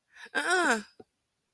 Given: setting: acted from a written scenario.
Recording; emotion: vocal sound without words; negative surprise